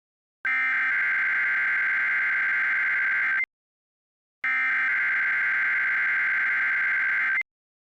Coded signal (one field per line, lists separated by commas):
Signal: Emergency Alert System (SAME) tones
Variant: header bursts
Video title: Required WEEKLY TESTS - NO EAS